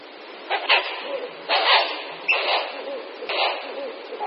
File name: Puštík-bělavý